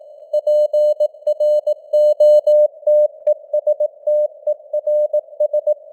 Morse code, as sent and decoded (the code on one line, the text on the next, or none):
.--. .-. --- - . ... - . .-. ...
PROTESTERS